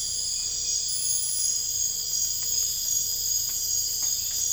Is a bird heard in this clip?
no